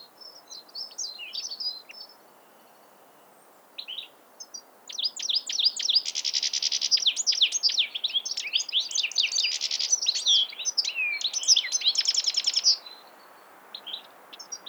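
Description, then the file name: European goldfinch song, a long rapid twittering jumble of high liquid and buzzy notes, building after a few scattered calls and running for about seven to eight seconds. "Carduelis carduelis"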